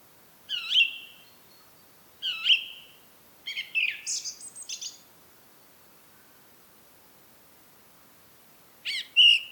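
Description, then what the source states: Song thrush singing bright, whistled phrases, the first phrase given twice in a row, then a scratchier twittering phrase and a final phrase after a pause. Recorded at Rambjøra on 30 March 2023 with a Zoom recorder.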